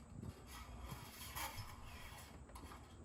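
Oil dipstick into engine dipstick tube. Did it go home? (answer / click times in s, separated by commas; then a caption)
no / none. A metal oil dipstick is being wiped and handled for reinsertion into the engine dipstick tube of a 2016+ Tacoma during an oil and filter change. Soft rustling and scraping handling noises run through the clip, with a brief sharper tap around 2.6 s. The dipstick has not clicked home or seated in the tube yet.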